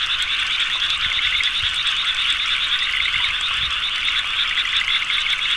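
Dense chorus of frogs producing an unbroken, rapidly pulsed high croaking, steady in loudness from start to finish.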